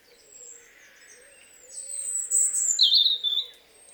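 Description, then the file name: European robin song: a long, thin, very high whistle, then a quick descending twittery trill. "Erithacus rubecula"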